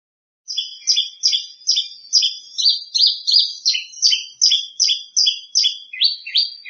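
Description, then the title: Greater green leafbird song: paired notes, a high whistle over a lower one, repeated about two and a half times per second in a steady rhythm. "Kicau Cucak Ijo"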